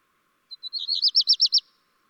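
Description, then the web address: Black redstart song: two short high notes, then a quick run of rolling, repeated up-and-down notes lasting about a second, against a quiet background. "chant xeno-canto rougequeue noir"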